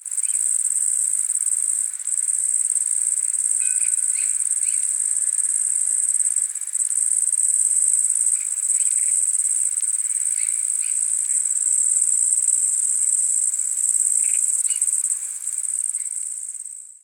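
Grasshoppers calling: a steady, very high-pitched continuous hiss with scattered faint ticks and clicks beneath, fading at the end.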